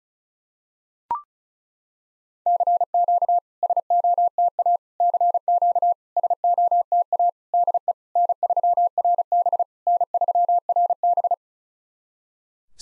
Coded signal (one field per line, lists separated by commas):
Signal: Morse code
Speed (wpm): 36 wpm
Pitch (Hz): 700 Hz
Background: none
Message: CQ SOTA CQ SOTA DE N3RB N3RB